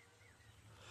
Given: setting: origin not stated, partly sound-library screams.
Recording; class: one-second piece from a danger detection set; normal situation